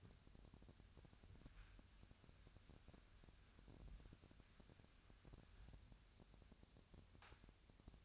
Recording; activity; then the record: daily activity, microphone in the room; wipe stove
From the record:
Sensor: 2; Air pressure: 1006.9 hPa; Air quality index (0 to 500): 198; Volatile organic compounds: 14 ppm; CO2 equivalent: 2432 ppm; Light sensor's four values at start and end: 10/24/10/10 and 10/24/10/10